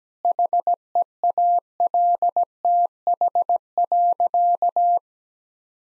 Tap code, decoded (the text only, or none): none